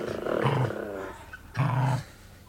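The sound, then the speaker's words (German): Farmer Maggot's dogs Wolf, Greif and Falco growl in two low, rumbling bursts, the first longer and rougher, the second shorter, with a short pause between them and no talking. “Falls die Hunde uns lassen, gern, Herr Maggot.”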